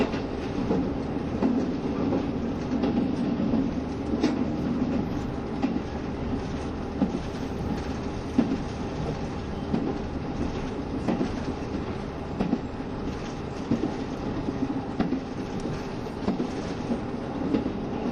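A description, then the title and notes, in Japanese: Running sound inside a KiHa 72 series diesel train, the Yufuin no Mori, travelling between Yufuin and Ukiha. A steady low engine and rolling rumble fills the whole recording, with faint rail clicks and brief knocks recurring every few seconds. キハ72系 ゆふいんの森06号01 由布院～うきは。走行音。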